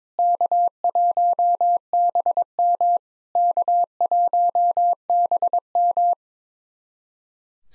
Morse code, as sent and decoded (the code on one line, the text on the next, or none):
-.- .---- -... -- / -.- .---- -... --
K1BM K1BM